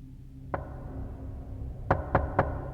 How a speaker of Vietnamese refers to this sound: Khi thân ảnh người phụ nữ hoàn toàn biến mất trong camera cuối cùng, thì cánh cửa phòng bảo vệ vang lên tiếng gõ cửa.